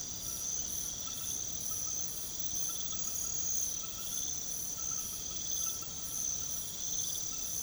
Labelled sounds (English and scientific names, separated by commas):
none